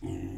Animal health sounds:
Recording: pig call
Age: weaner (32 to 43 days)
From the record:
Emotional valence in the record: negative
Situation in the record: negative conditioning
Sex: female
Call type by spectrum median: low-frequency call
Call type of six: low-frequency stable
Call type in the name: low-frequency stable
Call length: 0.38 s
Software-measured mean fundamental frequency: 45 Hz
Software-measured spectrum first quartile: 106 Hz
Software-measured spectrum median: 244 Hz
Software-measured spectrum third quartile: 374 Hz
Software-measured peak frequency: 298 Hz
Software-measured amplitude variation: 138 dB a second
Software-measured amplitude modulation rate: 30.5 a second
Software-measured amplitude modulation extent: 4.5 dB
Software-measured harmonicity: 0.3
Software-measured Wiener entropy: -0.06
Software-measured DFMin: 825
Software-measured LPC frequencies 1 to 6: 309, 1980, 2732, 3113, 4927, 7129 Hz

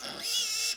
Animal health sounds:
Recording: pig call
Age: piglet (1 to 25 days)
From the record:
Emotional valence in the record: negative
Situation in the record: restrain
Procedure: sham castration, cut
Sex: male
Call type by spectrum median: high-frequency call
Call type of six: mixed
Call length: 0.77 s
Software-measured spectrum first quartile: 3396 Hz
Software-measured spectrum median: 5043 Hz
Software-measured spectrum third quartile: 6309 Hz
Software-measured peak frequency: 5408 Hz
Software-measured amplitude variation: 85 dB a second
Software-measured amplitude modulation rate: 28.0 a second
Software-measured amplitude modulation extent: 3.0 dB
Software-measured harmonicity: 2.3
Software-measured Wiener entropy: -1.68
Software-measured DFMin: 726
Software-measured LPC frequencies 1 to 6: 767, 1597, 2717, 3384, 5374, 5982 Hz

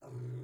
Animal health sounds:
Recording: pig call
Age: weaner (32 to 43 days)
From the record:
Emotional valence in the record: negative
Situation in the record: restrain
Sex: male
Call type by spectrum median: low-frequency call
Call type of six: low-frequency stable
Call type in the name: low-frequency stable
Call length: 0.44 s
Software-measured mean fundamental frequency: 61 Hz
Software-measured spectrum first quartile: 124 Hz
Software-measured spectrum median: 167 Hz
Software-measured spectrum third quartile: 394 Hz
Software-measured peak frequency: 127 Hz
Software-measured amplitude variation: 74 dB a second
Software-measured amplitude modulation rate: 23.9 a second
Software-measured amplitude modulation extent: 3.1 dB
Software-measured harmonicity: -2.5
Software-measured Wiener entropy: 0.22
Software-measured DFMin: 1097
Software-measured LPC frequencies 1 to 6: 2083, 3541, 4341, 5078, 6460, 7271 Hz

